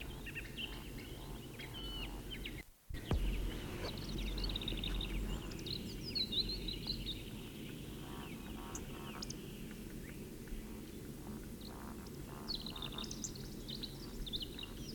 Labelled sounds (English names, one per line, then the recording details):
Eurasian Woodcock call
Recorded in the wild
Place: Sassnitz, Insel Rügen, Mecklenburg-Vorpommern, DE
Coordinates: 54.565, 13.615
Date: 1978-06-07
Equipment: Nagra III BH, Sennheiser MD 21, parabola
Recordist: Schubert, Michael
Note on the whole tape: Rufe Waldschnepfe bei Revierflug